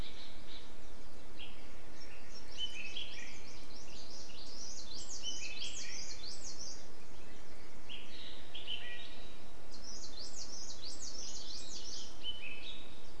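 Bird chorus, clusters of high rapid chirps and downslurred whistles coming in waves every few seconds, with continuous background hiss underneath.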